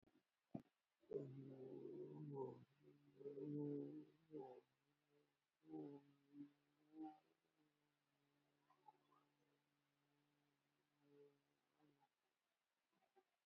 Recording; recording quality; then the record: sustained vowel as in boot; moderate, slight background noise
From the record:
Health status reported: COVID-19 positive, moderate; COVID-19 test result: positive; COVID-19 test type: RT-PCR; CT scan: not taken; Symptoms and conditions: cold, breathing difficulty, sore throat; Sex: male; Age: 53 years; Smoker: no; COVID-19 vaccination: one dose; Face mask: worn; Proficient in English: yes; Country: India